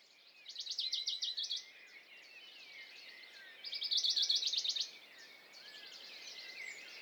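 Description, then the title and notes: Western Bonelli's warbler giving quieter dry trills, two clear and a third fainter, amid a busy background of other birds' whistles and chirps. Dawn chorus, 6 May 2020, Piste aux espagnols, Valmaravel, Drôme; unpaired bird fixed on a small pine branch, rapid courtship song to attract a female, not territorial; Nagra Seven recorder, MKH40 microphone. "CHORUS DE BONELLI. 06 mai 2020-Piste aux espagnols - Valmaravel - Drôme. Pouillot de Bonelli (Phylloscopus bonelli)"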